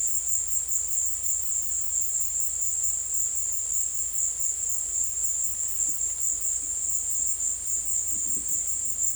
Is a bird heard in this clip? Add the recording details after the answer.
no. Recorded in dense forest near Puerto Asís, Putumayo, Colombia, on 22 December 2024 at 15:00. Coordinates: 0.482, -76.320. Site G021